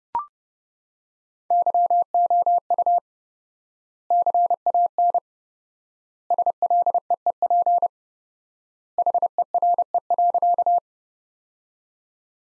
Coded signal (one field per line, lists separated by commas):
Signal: Morse code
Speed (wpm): 32 wpm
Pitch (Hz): 700 Hz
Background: none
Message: YOU CAN SLEEP HERE.